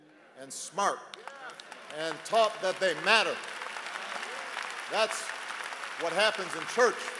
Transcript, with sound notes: and smart -- (applause) and taught that they matter. (Applause.) That’s what happens in church.